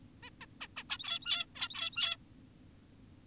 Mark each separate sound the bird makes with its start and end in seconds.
0.23-0.30, 0.41-0.46, 0.61-0.68, 0.77-0.84, 0.90-1.46, 1.56-2.17